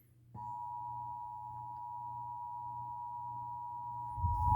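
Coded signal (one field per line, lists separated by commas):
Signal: Emergency Alert System (SAME) tones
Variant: 853 and 960 Hz attention tone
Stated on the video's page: Flash flood warning received on FM radio and TV.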